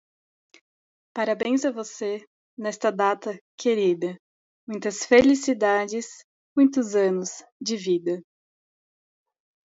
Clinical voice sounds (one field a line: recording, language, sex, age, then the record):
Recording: short text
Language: Brazilian Portuguese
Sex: female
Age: 20 to 29 years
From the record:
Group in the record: control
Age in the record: 23 years